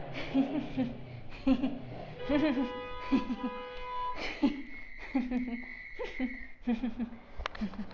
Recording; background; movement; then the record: laughter; traffic; walking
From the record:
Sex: female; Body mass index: 22.6 kg/m2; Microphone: on the chest, facing outward